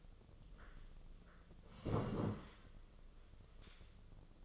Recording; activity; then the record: daily activity, microphone in the room; sit down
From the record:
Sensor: 4